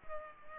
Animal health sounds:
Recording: mosquito wingbeat signal from an infrared sensor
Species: Culex pipiens

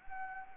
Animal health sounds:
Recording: mosquito wingbeat signal from an infrared sensor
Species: Anopheles arabiensis

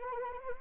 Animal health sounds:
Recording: mosquito wingbeat signal from an infrared sensor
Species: Anopheles arabiensis

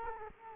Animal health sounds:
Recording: mosquito wingbeat signal from an infrared sensor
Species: Culex quinquefasciatus

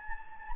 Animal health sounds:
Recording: mosquito wingbeat signal from an infrared sensor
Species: Anopheles gambiae

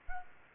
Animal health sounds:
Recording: mosquito wingbeat signal from an infrared sensor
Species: Culex quinquefasciatus

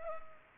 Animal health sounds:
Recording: mosquito wingbeat signal from an infrared sensor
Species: Culex pipiens

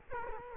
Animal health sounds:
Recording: mosquito wingbeat signal from an infrared sensor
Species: Culex quinquefasciatus

